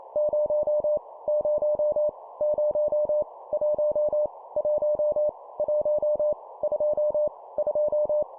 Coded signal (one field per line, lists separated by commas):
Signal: Morse code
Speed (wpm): 28 wpm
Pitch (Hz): 600 Hz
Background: none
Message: 0 0 0 1 1 1 2 2